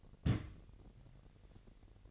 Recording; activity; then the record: daily activity, microphone in the room; place on stove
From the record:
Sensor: 4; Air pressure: 1012.8 hPa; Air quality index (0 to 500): 239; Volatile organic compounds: 4 ppm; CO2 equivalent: 1588 ppm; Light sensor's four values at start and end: 25/60/25/25 and 25/60/25/25